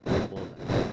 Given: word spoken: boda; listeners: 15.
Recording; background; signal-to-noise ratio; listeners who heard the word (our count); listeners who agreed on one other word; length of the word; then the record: one Spanish word in noise, from a listening test; noise modulated by one talker; -8.3 dB; 4 of 15; 9 of 15; 0.53 s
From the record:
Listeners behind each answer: 9, 4, 1, 1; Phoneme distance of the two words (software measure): 7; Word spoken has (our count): 2 syllables, 4 phonemes, stress on syllable 1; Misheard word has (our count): 2 syllables, 5 phonemes, stress on syllable 1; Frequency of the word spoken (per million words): 22.50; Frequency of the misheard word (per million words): 9.19